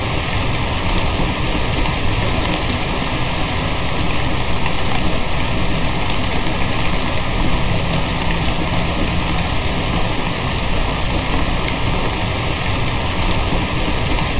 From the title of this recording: Rain Sounds